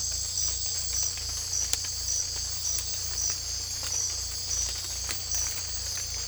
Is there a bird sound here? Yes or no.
no